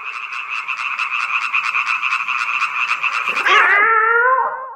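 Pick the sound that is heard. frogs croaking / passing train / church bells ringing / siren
frogs croaking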